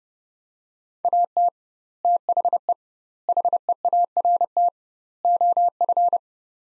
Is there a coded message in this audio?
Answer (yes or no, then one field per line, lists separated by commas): yes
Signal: Morse code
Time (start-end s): 1.0-6.2 s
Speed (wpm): 32 wpm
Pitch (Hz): 700 Hz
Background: none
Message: AT THE HEART OF